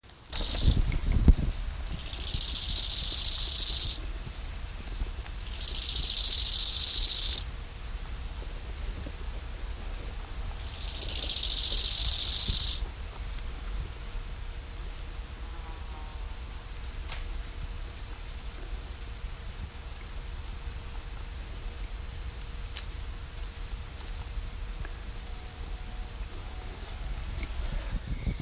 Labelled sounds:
Bow-winged Grasshopper (Chorthippus biguttulus) stridulation
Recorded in the wild
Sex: male
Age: imago
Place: Dahmsdorf, Märkische Schweiz, Brandenburg, DE
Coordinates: 52.5167, 14.0833
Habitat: Waldwiese
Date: 1999-09-16 12:50
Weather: schwach sonnig, 19,6°C, diesig
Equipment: Sony WM-D6C, Sennheiser ME 80, Kopie Uher 4000 Report Monitor
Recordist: Tembrock, Günter
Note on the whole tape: Stridulation: Männchen am Weibchen; Weibchen läuft weg, kommt wieder zurück. Diesig, schwach sonnig, 19,6°C (Waldwiese bei Dahmsdorf)

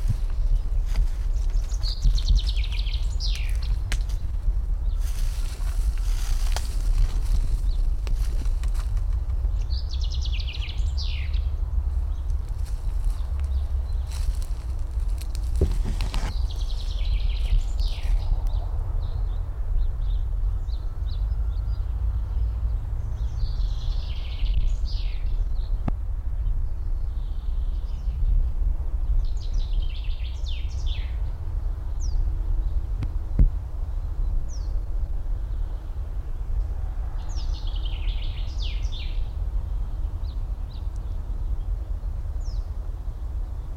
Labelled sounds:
Common Chaffinch (Fringilla coelebs)
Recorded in the wild
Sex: male
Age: adult
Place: Mühlenbeck, am Tegeler Fließ, Brandenburg, DE
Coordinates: 52.667, 13.37
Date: 1993-03-21 11:08
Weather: sonnig, ca. 12 °C
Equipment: Marantz CP 430, Sennheiser ME 80, Kopie Uher Variocord 263
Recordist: Tembrock, Günter

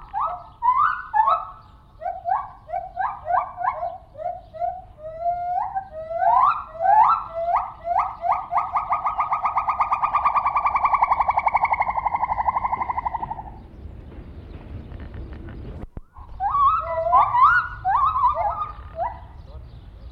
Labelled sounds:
Lar Gibbon (Hylobates lar)
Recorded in captivity
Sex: diverse
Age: adult
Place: Zoo Rostock, Mecklenburg-Vorpommern, DE
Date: 1970-06-03 11:50
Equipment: Uher 4200 Report Stereo, Sennheiser MD 421
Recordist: Tembrock, Günter
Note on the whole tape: Männchen: zusammen mit Weibchen des Silbergibbons auf der Freianlage. Rufe und Rufreihen des H. lar sind die höheren

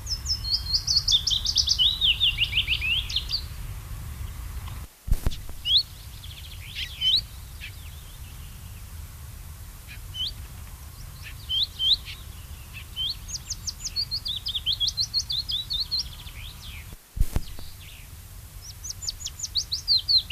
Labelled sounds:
Willow Warbler (Phylloscopus trochilus) song
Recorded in the wild
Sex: male
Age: adult
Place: Erlangen, Bayern, DE
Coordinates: 49.6028, 10.9819
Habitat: Forst-Dickung
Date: 1963-04-22
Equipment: Vollspur, Original
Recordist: Tretzel, Erwin

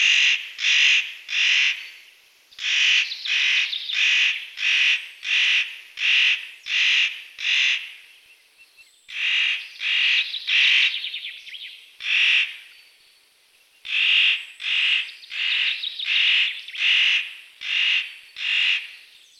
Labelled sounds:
Spotted Nutcracker (Nucifraga caryocatactes) song
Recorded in the wild
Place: Kandel /Schwarzwald; Waldkirch, Baden-Württemberg, DE
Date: 1983-03-12
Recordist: Schwarz, Dieter
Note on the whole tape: Song

